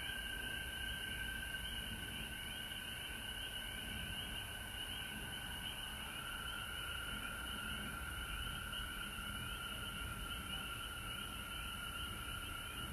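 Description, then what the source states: Massed frogs giving a long, unbroken high chorus, rapid peeps and trills blending into a steady ringing wall of sound over low background noise. Frogs recorded at home in Georgia on March 19, 2020.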